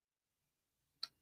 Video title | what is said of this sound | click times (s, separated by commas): July Livestream Unboxing/Review | uh pop on all four wheels whoops pop all four well there we are | 1.0 s